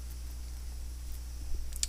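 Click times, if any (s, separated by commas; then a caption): 1.8 s. The plastic shoulder armor section of a Master Grade Duel Gundam Assault Shroud model kit is latched onto the kit's chest armor over a quiet, steady low hum. Two sharp clicks come in quick succession at 1.8 s and 1.8 s as the latch clicks shut and seats.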